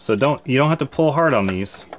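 Someone talks while handling the bobbin winder stopper on a sewing machine, which is pulled gently against its spring. The stopper has not clicked into its detent yet, and nothing has seated by the end of the clip.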